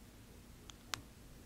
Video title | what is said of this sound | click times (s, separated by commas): TWSBI 580 Disassembly | unscrew it just a little bit and you you're going to see and hear a little jolting click | 0.9 s